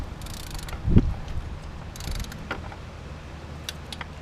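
A click-type torque wrench tightens a spark plug into the cylinder head of a Ford Ranger truck engine, with soft ratcheting and mechanical movement throughout. The wrench gives a sharp click at its set torque at 3.7 s, and the spark plug is in spec.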